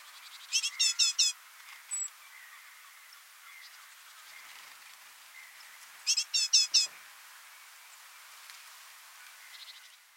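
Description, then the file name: Great tit calls: two clusters of rapid, sharp chattering notes, with faint background hiss. "Parus major"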